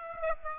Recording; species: mosquito wingbeat signal from an infrared sensor; Aedes aegypti